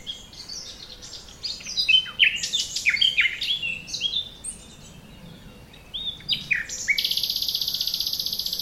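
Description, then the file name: Common nightingale song with bright, varied whistled phrases and chatter, ending in a fast, buzzy repeated trill held for nearly two seconds. "Luscinia megarhynchos"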